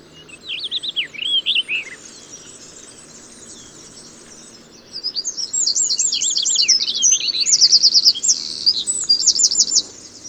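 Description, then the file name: Eurasian wren song: a short burst of lower warbled notes, a pause with soft background hiss, then a long, loud run of fast high trills. "Troglodytes troglodytes"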